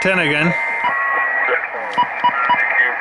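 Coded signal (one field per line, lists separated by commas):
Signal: none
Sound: radio tuning step beeps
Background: speech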